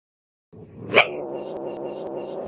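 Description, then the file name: Wildcat yowl: a sharp harsh burst followed by a long, steady, droning moan, with faint high clicks repeating in the background. "Sonido del Gato Montés"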